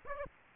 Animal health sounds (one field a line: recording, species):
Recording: mosquito wingbeat signal from an infrared sensor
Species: Aedes aegypti